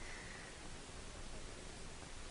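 A thermal transfer ribbon take-up roll is worked into its rear holder in a Zebra LP 2824 Plus / TLP 2844 barcode label printer, with the ribbon being roughed up a little as it goes in. Only a steady, even hiss of broadband noise with faint rustling is heard, with no distinct click or sharp sound. Nothing has seated or clicked yet.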